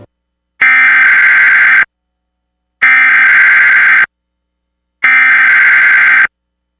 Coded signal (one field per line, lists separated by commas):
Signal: Emergency Alert System (SAME) tones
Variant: header bursts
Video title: EAS Tornado Watch for Portions of Central and Northern Minnesota NOAA Weather Radio KIG64 Duluth